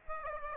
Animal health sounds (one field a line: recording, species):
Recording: mosquito wingbeat signal from an infrared sensor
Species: Aedes aegypti